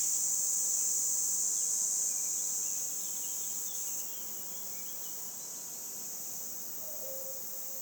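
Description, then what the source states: Red cicada's shrill buzz fades in stages and weakens after four seconds, with a brief bird call near the end. 22 June 2020 at 11:10 beside the road between Luc and Châtillon-en-Diois, France, at the end of spring; common cuckoo singing; Nagra LB, MKH20 omni.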